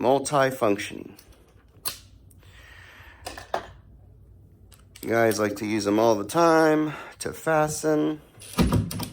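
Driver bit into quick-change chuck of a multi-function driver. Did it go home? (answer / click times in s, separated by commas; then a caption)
yes / 8.9 s. A driver bit is pushed into the quick-change chuck of a multi-function driver and snaps in, seating with a click at 8.9 s. Someone talks through most of the clip, and there are a few quieter handling knocks earlier and a short cluster of taps around the click near the end.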